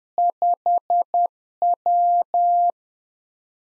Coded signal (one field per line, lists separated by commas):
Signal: Morse code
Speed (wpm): 10 wpm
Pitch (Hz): 700 Hz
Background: none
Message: 5W